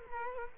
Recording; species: mosquito wingbeat signal from an infrared sensor; Culex quinquefasciatus